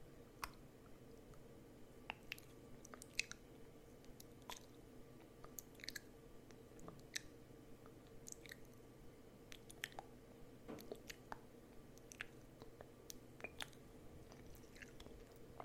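Crisp nibbling on a spoolie brush: sharp little clicks and crunches arrive irregularly every second or so, some slightly louder than others. Underneath runs a steady, low, soft hum that stays even throughout.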